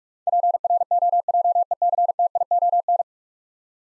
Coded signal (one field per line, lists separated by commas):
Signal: Morse code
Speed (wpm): 44 wpm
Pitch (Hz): 700 Hz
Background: none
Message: PROJECTION